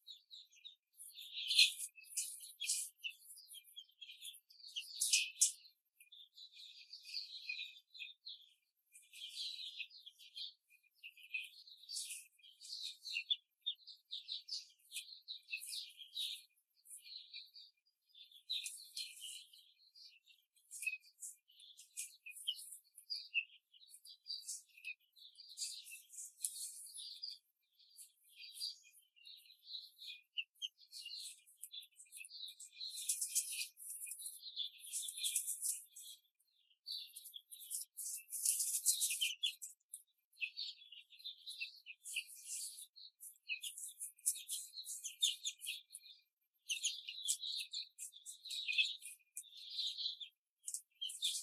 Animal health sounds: young laying hens in a cage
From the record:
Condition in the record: control cage, before the stress test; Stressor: none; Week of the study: 4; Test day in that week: 3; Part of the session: 1

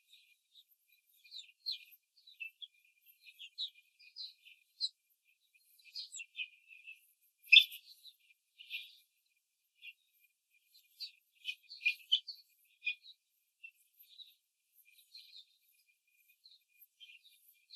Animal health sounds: young laying hens in a cage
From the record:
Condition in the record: control cage, before the stress test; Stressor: none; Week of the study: 4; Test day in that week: 1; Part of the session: 2

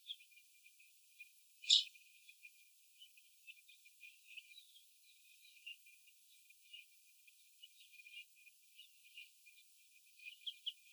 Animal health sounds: young laying hens in a cage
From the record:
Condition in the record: before the stressor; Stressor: sudden umbrella opening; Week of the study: 2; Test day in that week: 1

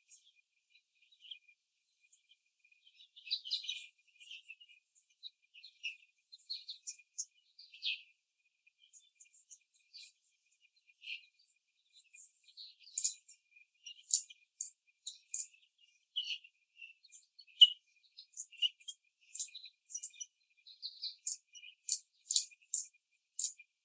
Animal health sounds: young laying hens in a cage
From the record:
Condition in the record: after the stressor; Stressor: simulated dog barking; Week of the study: 3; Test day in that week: 1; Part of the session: 3

